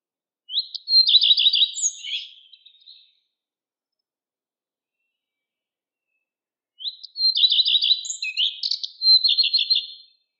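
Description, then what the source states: Common redstart singing two short phrases about six seconds apart, each a high whistle followed by rapid repeated notes and a jumbled twittering finish; otherwise quiet. Recorded in Estonia in spring.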